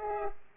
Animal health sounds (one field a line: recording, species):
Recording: mosquito wingbeat signal from an infrared sensor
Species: Culex pipiens